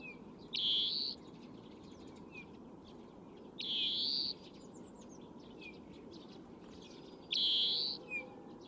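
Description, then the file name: European greenfinch uttering three long, buzzy, upslurred wheezes a few seconds apart, faint twittering between them, steady low noise throughout. "Chloris chloris"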